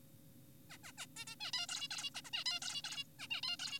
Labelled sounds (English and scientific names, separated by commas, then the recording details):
Zebra Finch (Taeniopygia guttata)
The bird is an adult
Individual g4p5U